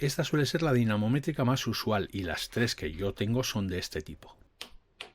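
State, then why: Torque reached. Someone talks, then a click-type (breakaway) torque wrench reaches its set torque and gives a jump, as if it were breaking. Two sharp clicks are heard at 4.6 s and 5.0 s.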